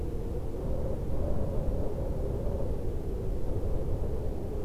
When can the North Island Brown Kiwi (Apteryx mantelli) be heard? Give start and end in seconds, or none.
none